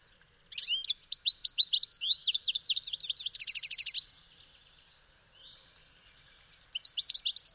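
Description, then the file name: European goldfinch twittering in quick, liquid, high notes, ending in a short buzzy trill near four seconds, then a pause before a brief burst of twitters resumes. "Carduelis carduelis"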